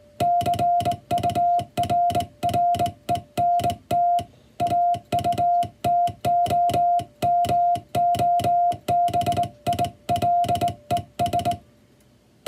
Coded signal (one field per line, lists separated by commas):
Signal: Morse code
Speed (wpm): 20 wpm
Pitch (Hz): 700 Hz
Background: music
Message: CURRENT AUTOMOBILES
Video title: 【欧文モールス符号】第１級総合無線通信士の電気通信術の送信試験は５分間です。５分間で何字送信できるのか挑戦してみました。(training for radio operator)